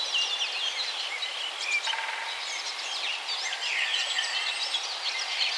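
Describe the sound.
Birds singing in a dense chorus, many high chirps, whistles and trills overlapping continuously over a steady background hiss.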